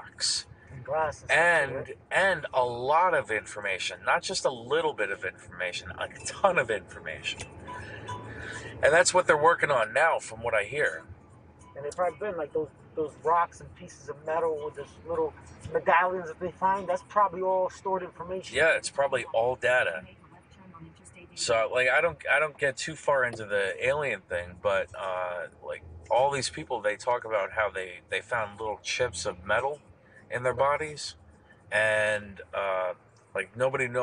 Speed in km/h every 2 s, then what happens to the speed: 13, 15, 18, 23, 24, 23, 21, 18, 16, 13, 10, 8, 8, 6, 3, 0, 0.
0-9 speeds up to 24. 9-29 slows to 0. 29-34 standing.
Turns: none.